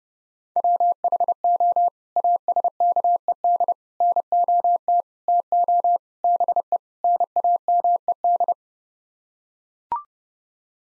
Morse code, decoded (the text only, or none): WHO ASKED NOT TO BE NAMED